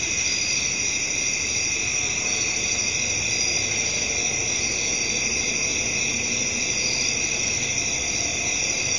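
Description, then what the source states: Cricket chorus of continuous high-pitched trills, steady and even for the whole stretch, over a low diffuse rumble. Night-time crickets in a residential area, with traffic in the background.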